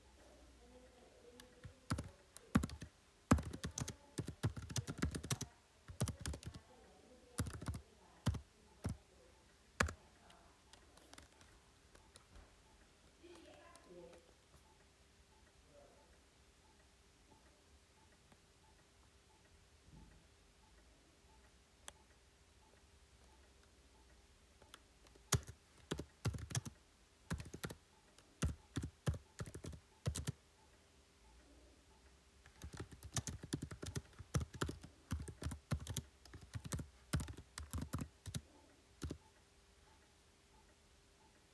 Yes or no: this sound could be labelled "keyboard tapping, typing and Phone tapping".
yes